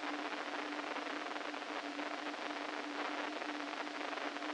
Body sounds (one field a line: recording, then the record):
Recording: brain microelectrode recording played as sound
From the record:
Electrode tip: inside the subthalamic nucleus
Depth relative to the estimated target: -4 mm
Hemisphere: right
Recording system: NeuroSet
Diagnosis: Parkinson's disease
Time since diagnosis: 13 years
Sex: male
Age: 49 years